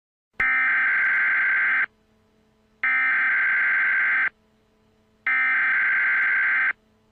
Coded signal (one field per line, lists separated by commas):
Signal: Emergency Alert System (SAME) tones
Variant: header bursts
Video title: Eas scenario 3: Sprunki